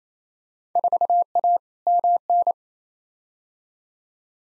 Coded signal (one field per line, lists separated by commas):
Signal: Morse code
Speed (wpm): 27 wpm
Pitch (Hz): 700 Hz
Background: none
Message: 4A MN